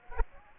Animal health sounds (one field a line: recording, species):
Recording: mosquito wingbeat signal from an infrared sensor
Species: Aedes aegypti